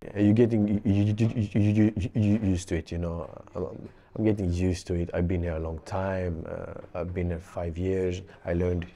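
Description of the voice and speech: Low-pitched speech from an adult Swedish man speaking English as a second language, with a stammer that began at about six years old: stretched, repeated 'y' sounds and a creaky hesitation.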